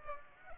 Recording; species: mosquito wingbeat signal from an infrared sensor; Aedes aegypti